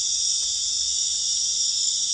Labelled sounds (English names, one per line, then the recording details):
none
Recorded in dense forest near Puerto Asís, Putumayo, Colombia, on 8 March 2025 at 22:00
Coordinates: 0.484, -76.317
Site G064